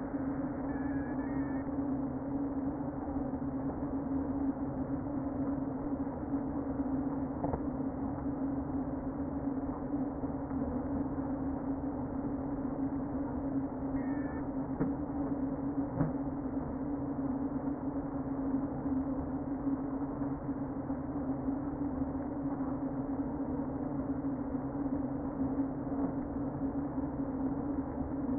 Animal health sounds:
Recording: honeybee colony, microphone inside the hive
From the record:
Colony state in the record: queen present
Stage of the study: before two queens were removed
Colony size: about 60,000 bees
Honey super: yes

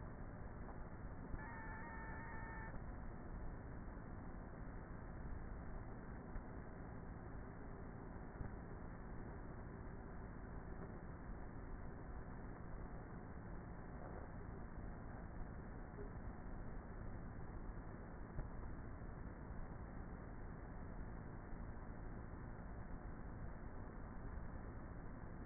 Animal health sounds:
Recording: honeybee colony, microphone inside the hive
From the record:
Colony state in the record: queenless with a low population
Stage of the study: before two queens were removed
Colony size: about 30,000 bees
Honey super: no

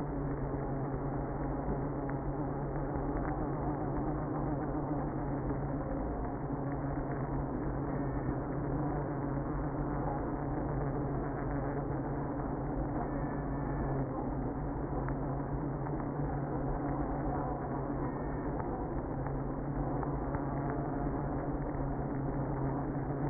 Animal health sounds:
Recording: honeybee colony, microphone inside the hive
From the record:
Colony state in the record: queenless (queen removed)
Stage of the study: after two queens were removed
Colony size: about 60,000 bees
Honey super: yes

